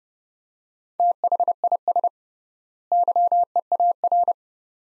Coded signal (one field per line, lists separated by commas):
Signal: Morse code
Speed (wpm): 30 wpm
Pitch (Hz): 700 Hz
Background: none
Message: THIS YEAR